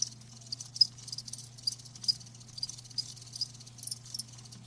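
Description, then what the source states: Cricket chirps come as soft, short high pulses at an uneven pace over a quiet low hum. Live crickets chirping with a lulling song.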